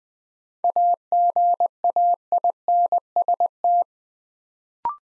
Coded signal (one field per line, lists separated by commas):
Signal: Morse code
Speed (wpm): 21 wpm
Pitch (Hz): 700 Hz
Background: none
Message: AGAINST